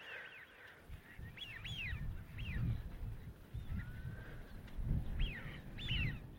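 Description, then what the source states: Eurasian wigeon whistling, several high rising-and-falling whew notes, with low rumbling noise underneath. Many on a wide estuary wetland, Ribble Estuary, Lancashire, England, late winter; described as a funny whistling 'whew whew' song.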